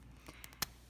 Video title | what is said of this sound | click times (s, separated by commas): Learn Watercolor Brush Lettering with Mermaid Markers | and and you just want to make sure it's screwed tightly you can kind of hear it snap into place | 0.6 s